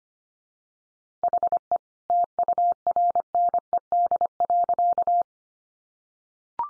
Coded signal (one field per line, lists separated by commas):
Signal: Morse code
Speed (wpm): 25 wpm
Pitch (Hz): 700 Hz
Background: none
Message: HE TURNED.